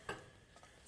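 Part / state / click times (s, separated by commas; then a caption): wiring connector into headlight assembly / seated / 0.1 s. A wiring connector is pushed into a headlight assembly during a headlight install and clicks in at 0.1 s with a short, sharp tick. Quieter faint ticks follow in the background, and the connector is seated.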